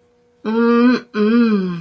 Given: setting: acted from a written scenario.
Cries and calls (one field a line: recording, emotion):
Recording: vocal sound without words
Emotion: romantic love